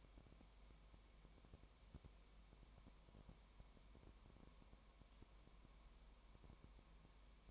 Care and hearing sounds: daily activity, microphone in the room; no activity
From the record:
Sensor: 1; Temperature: 19.1 degrees Celsius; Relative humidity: 34.0%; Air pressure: 1001.3 hPa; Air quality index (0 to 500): 82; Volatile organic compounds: 1 ppm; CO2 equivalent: 818 ppm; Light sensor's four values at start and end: 1/2/1/1 and 1/2/1/1

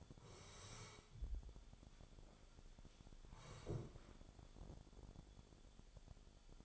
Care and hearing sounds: daily activity, microphone in the room; sit down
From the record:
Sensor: 5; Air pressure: 1015.4 hPa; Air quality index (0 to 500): 172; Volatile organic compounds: 6 ppm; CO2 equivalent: 1865 ppm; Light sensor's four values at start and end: 37/84/34/33 and 37/84/34/33

